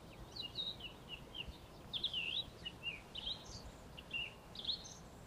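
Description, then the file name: Eurasian blackcap giving short varied phrases of clear, slurred high notes over steady background hiss. "Sylvia atricapilla"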